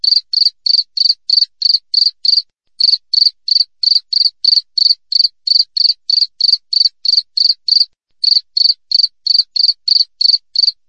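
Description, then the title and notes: Cricket giving a long run of shrill, even chirps, roughly three per second, broken by two brief pauses. Wild cricket (jangkrik alam), clear chirping with tight, close intervals, offered as a tutor recording for training songbirds and for repelling rats. "Masteran Jangkrik Alam Jernih, Jeda Rapat Cocok Untuk Masteran Burung Dan Mengusir Tikus. suara jangkrik"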